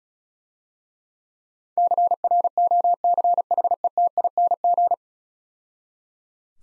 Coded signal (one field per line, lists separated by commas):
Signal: Morse code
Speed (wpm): 34 wpm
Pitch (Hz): 700 Hz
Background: none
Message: CROCHETING